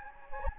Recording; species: mosquito wingbeat signal from an infrared sensor; Anopheles gambiae